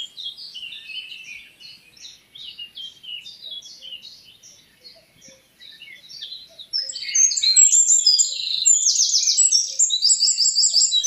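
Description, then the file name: Eurasian wren: soft twittering at first, then a loud, rapid, high-pitched trilling song that carries to the end. "Troglodytes troglodytes"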